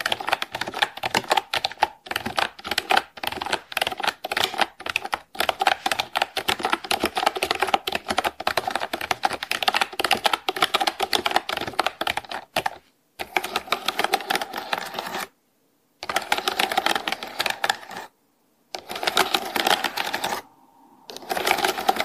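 Typing on a mechanical keyboard, a dense, rapid stream of sharp clicks that runs almost continuously for the first thirteen seconds. After that the typing comes in shorter bursts, broken by clean pauses of silence at about 13, 15, 18 and 20 seconds.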